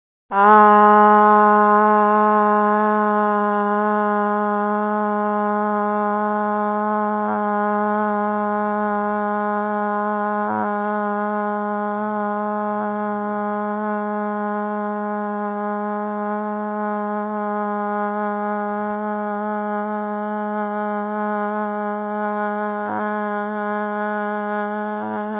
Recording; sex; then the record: sustained vowel /a/; female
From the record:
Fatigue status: fatigue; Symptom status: symptomatic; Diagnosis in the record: COVID-19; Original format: 3gp